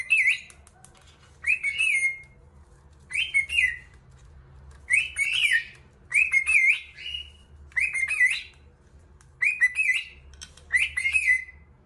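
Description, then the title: Cockatiel giving eight repeated warbling whistle phrases, about one every one and a half seconds, with a faint low hum behind. Song used for training a pet cockatiel. "Canto De 1 Hora Para Treinar Calopsita"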